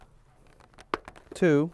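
The second of three plastic snap clips on a cheek pad is pressed into the left side of a helmet shell, with the chin strap running through the pad. A few faint taps lead up to a sharp snap at 0.9 s, and someone talks just after. The clip seats.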